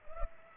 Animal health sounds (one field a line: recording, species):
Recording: mosquito wingbeat signal from an infrared sensor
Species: Culex pipiens